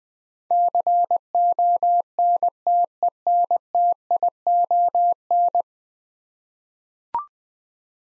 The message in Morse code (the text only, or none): CONTENTION